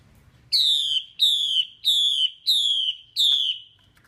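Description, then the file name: Chinese hwamei call: five loud whistled notes, each sliding downward, repeated at an even pace of about one every two-thirds of a second. Female hwamei calling, a sound used to stimulate or excite male birds. "Tieng chim hoa mi mai kich trong"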